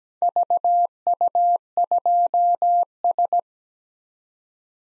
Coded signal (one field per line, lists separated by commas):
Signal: Morse code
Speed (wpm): 20 wpm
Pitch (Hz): 700 Hz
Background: none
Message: VU2S